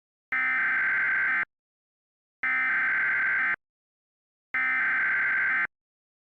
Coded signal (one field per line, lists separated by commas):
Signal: Emergency Alert System (SAME) tones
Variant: header bursts